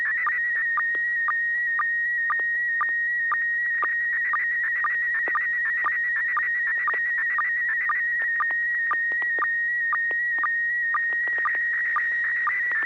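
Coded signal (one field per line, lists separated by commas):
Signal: SSTV (slow-scan television)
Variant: PD120 mode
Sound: steady warbling whistle near 1.9 kHz, broken by short low blips about twice a second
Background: low hum, radio hiss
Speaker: we're going to be standing on pv-120 pt120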